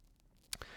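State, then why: Seated. The sliding extension of the 316L stainless steel glide-lock style dive watch clasp on a Cadisen C8210 Yacht-Master homage is pushed back into its locked minimum position. After near silence, a sharp metallic click sounds at 0.5 s and a second, softer click at 0.6 s. The extension snaps in and seats with a positive click.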